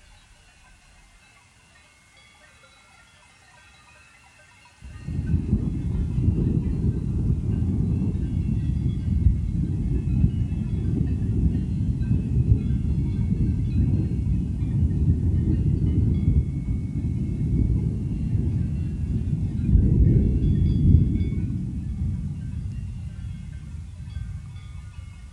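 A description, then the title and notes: Thunder breaks in abruptly about five seconds in, after near silence, and becomes a deep, continuous rolling rumble. It swells again around twenty seconds, then slowly fades toward the end. A faint, steady high hiss sits in the background throughout. Stimming's guide to Field Recording - Thunder.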